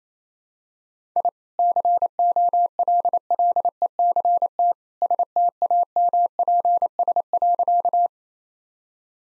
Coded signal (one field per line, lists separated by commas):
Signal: Morse code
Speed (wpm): 28 wpm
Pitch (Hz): 700 Hz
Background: none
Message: I COLLECT STAMPS.